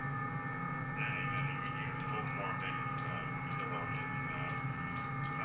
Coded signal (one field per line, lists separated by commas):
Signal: FT8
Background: speech